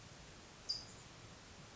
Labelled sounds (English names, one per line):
California Towhee